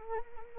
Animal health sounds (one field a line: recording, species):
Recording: mosquito wingbeat signal from an infrared sensor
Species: Anopheles arabiensis